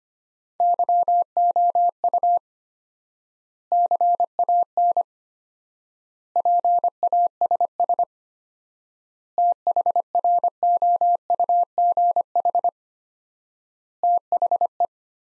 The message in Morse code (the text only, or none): YOU CAN PASS THROUGH THE